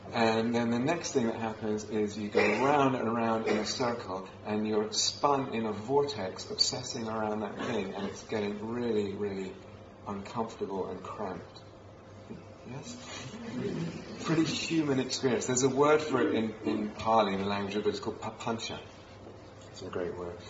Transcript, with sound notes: And then the next thing that happens is you go around and around in a circle, and you're spun in a vortex, obsessing around that thing, and it's getting really, really uncomfortable and cramped. Yes? [affirmative noises from yogis] Pretty human experience. There's a word for it in Pali, the language of the Buddha. It's called papañca. It's a great word: